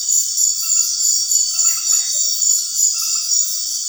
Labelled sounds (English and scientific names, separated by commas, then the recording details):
none
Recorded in secondary vegetation near Puerto Asís, Putumayo, Colombia, on 12 March 2025 at 21:00
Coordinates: 0.499, -76.323
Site G094